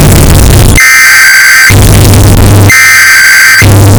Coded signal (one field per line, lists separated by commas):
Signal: Emergency Alert System (SAME) tones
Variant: header bursts